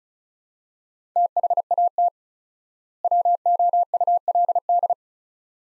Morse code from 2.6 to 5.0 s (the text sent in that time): WOULD